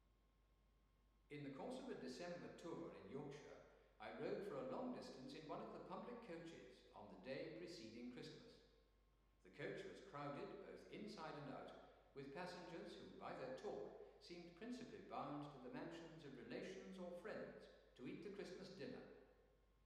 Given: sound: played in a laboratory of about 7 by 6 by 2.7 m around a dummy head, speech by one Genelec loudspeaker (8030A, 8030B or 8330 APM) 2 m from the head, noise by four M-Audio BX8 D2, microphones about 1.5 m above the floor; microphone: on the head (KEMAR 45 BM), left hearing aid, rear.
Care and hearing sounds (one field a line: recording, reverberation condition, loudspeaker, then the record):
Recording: male speech in English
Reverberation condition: high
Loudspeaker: 90 degrees to the left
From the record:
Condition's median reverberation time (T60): about 1300 ms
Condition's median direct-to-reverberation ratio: about -4.0 dB